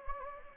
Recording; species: mosquito wingbeat signal from an infrared sensor; Anopheles gambiae